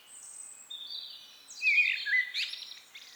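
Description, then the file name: Common blackbird song phrase: a brief mellow fluted warble rising into a burst of thin, high, scratchy twittering. "Turdus merula"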